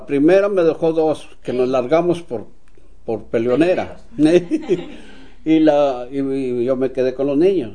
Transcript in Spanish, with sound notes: La primera me dejó dos, que nos largamos por, por peleonera.
Peleoneros. (risas)
Y yo me quedé con los niños.